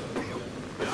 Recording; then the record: coughing mixed with background sound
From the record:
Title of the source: Coughing 77